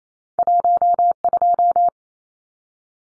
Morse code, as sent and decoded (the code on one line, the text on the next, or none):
.---- ..---
12